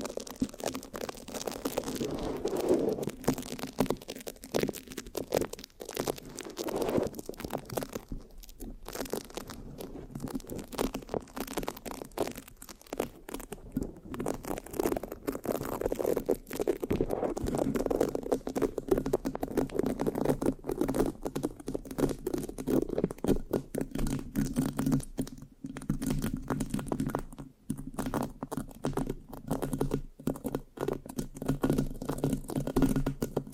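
Microphone scratching with sticky, tacky sounds runs without pause, with no talking. The texture is dense and busy, full of quick crackling taps and rubs over a low, steady hum, with slightly louder, fuller stretches around 3, 7 and 17 seconds.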